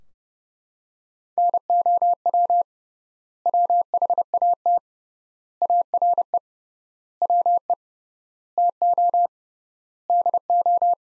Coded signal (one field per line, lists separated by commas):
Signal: Morse code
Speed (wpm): 30 wpm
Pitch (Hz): 700 Hz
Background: none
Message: NOW WHAT ARE WE TO DO